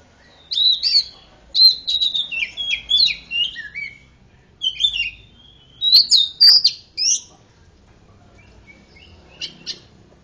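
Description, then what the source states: Oriental magpie-robin song in several lively bursts of varied whistles and chirps, then a few soft scattered notes toward the end. Champion bird singing vigorously.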